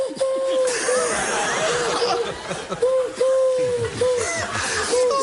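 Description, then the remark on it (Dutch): A person imitates a cuckoo's call on NPO Radio 1, the last of three bird imitations, repeating short mid-pitched hooting notes in a steady series, with chuckling-like vocal sounds mixed in. “Dat is de koekoek, maar daar ben ik zelf nog niet heel tevreden.”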